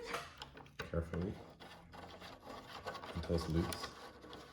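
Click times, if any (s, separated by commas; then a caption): none. A second RAM memory module is handled and pressed carefully toward its motherboard DIMM slot while someone talks. Rubbing and scraping sounds mix with a few short, sharp knocks early on. Nothing has seated or clicked into place yet.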